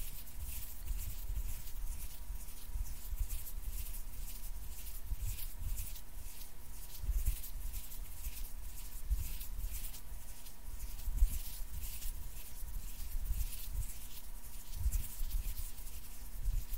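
Intense hand sounds: steady, dense rubbing with quick repeated strokes, low thumps underneath and a faint constant hum throughout, one sharper knock near eleven seconds.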